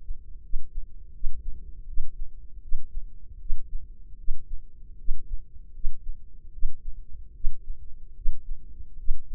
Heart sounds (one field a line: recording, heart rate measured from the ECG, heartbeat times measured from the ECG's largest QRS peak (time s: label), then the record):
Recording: heart sounds by microphone in the left ear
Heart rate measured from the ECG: 77 bpm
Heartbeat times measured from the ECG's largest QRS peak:
0.42 s: heartbeat
1.13 s: heartbeat
1.86 s: heartbeat
2.61 s: heartbeat
3.39 s: heartbeat
4.17 s: heartbeat
4.97 s: heartbeat
5.73 s: heartbeat
6.51 s: heartbeat
7.33 s: heartbeat
8.14 s: heartbeat
8.96 s: heartbeat
From the record:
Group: healthy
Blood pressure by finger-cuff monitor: 97/52 mmHg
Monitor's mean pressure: 66 mmHg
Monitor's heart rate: 77 bpm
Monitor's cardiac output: 7.2 L/min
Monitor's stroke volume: 92 mL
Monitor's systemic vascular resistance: 680 dyn s/cm5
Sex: female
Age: 22 years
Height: 157 cm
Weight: 47.6 kg